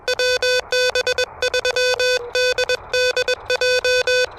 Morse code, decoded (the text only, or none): WB3DDJ